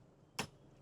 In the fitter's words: Real easy, pops in, pops out.